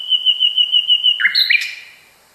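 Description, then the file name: Common nightingale song: a steady, evenly pulsed whistle on one pitch, broken by a couple of quick sliding notes at the end. Song variation number 6. "kicauan-nightingale-a-variasi 6-omkicau"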